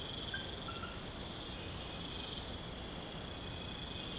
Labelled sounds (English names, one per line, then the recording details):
none
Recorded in pastures near Puerto Asís, Putumayo, Colombia, on 21 March 2025 at 04:30
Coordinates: 0.472, -76.329
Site G074